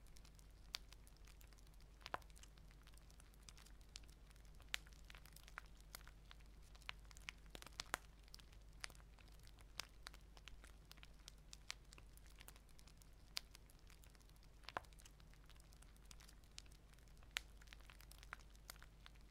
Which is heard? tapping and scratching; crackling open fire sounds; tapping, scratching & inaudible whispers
crackling open fire sounds